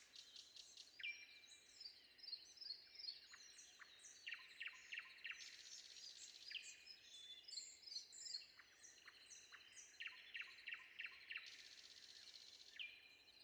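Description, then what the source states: Common nightingale singing varied phrases, including fast series of repeated sharp notes and brief whistles, with many other birds chirping behind. Recorded before dawn.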